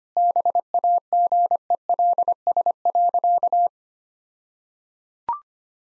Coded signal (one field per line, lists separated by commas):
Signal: Morse code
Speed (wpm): 25 wpm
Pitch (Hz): 700 Hz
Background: none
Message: BAGELS.